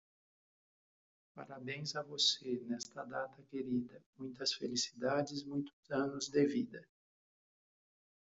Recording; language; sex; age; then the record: short text; Brazilian Portuguese; male; 60 to 69 years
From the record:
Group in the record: control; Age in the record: 63 years